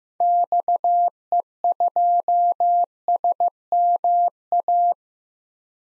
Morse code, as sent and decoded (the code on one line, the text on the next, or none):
-..- . ..--- ... -- .-
XE2SMA